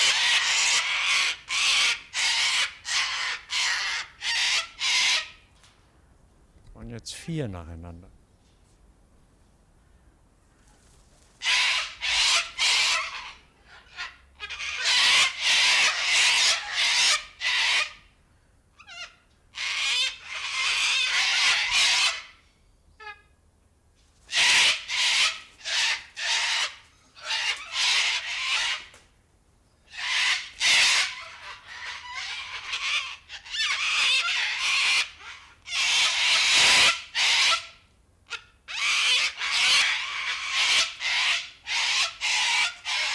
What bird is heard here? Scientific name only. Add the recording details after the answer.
Cacatua galerita. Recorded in captivity. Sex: diverse. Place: Zoo Berlin, Berlin, DE. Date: 1996-03-13 15:35. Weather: bedeckt, 2°C. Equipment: Sony WM-D6C, Sennheiser ME 80, Kopie Uher 4000 Report Monitor. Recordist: Tembrock, Günter